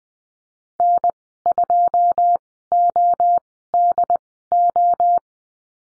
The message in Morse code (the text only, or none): N2ODO